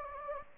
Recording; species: mosquito wingbeat signal from an infrared sensor; Anopheles gambiae